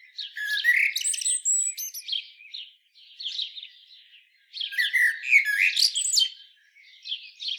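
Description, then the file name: Common blackbird with squeaky, twittering phrases, a thin high whistle early on, then quieter scratchy notes and another dense burst of chatter, with a brief quieter phrase at the end. "Turdus merula"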